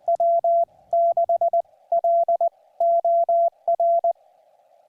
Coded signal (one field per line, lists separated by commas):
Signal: Morse code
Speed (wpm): 20 wpm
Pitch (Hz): 700 Hz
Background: none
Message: W6LOR